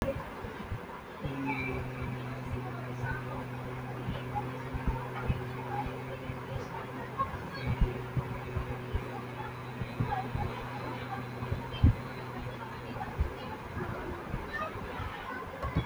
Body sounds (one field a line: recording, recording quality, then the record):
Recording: sustained vowel as in beet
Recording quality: excellent, no background noise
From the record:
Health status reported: healthy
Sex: male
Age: 43 years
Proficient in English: yes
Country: India